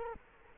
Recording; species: mosquito wingbeat signal from an infrared sensor; Culex quinquefasciatus